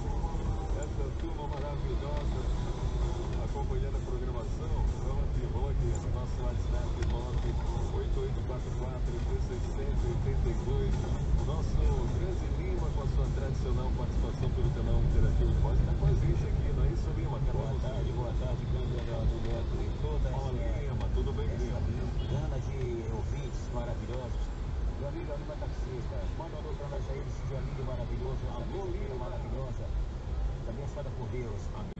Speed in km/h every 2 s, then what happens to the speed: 7, 14, 12, 12, 17, 19, 19, 20, 15, 13, 14, 9, 7, 6, 5, 0.
0-2 speeds up to 14. 6-14 speeds up to 20. 14-32 slows to 0.